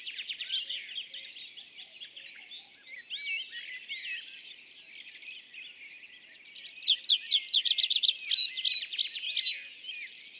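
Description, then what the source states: Tree pipit song: soft chattering phrases at first, then a louder series of repeated downslurred notes and ringing double notes. Displaying tree pipit days back from migration, singing atop isolated tree by meadow, sometimes rising then parachuting down; La Sarcena, Val Drôme, France, 27 April 2020; Nagra Seven, MKH40.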